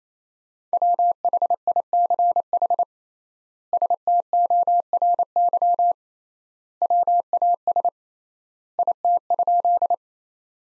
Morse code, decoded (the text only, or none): WHICH STORY WAS IT?